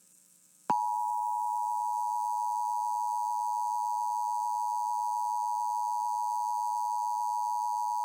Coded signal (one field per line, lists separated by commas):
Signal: Emergency Alert System (SAME) tones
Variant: 853 and 960 Hz attention tone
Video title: Mid Morning FWD SVRs (EAS #19429-19430) 6/11/24